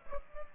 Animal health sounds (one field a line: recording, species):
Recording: mosquito wingbeat signal from an infrared sensor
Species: Culex pipiens